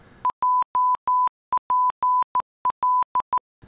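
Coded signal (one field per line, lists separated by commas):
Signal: Morse code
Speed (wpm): 14 wpm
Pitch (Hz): 1000 Hz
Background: none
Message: JPL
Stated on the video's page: Special messages sent home from the Curiosity rover on Mars.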